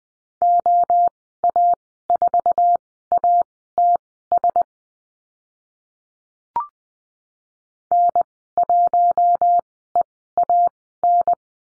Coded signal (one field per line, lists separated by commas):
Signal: Morse code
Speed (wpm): 20 wpm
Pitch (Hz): 700 Hz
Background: none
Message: OA4ATS N1EAN